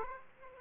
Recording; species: mosquito wingbeat signal from an infrared sensor; Aedes aegypti